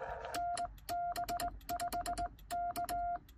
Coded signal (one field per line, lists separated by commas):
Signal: Morse code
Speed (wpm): 18 wpm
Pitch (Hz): 700 Hz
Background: none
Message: NB5K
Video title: POTA K-1001 10/12/2022 QRP CW using a Xiegu X6100 with a home-brew cootie sideswiper.